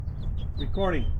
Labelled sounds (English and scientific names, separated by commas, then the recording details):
House Finch (Haemorhous mexicanus) song
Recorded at North Valley Stream on Long Island, New York, on 17 June 1975
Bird D